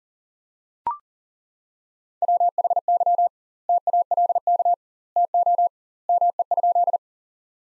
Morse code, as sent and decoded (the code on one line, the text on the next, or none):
.-- .... -.-- / - .- .-.. -.- / - --- / -- . ..--..
WHY TALK TO ME?